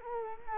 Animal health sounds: mosquito wingbeat signal from an infrared sensor; Culex quinquefasciatus

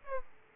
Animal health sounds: mosquito wingbeat signal from an infrared sensor; Aedes aegypti

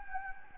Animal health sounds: mosquito wingbeat signal from an infrared sensor; Anopheles gambiae

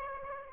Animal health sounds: mosquito wingbeat signal from an infrared sensor; Aedes aegypti

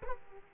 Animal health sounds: mosquito wingbeat signal from an infrared sensor; Aedes aegypti

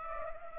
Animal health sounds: mosquito wingbeat signal from an infrared sensor; Culex pipiens

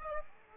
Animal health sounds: mosquito wingbeat signal from an infrared sensor; Aedes aegypti

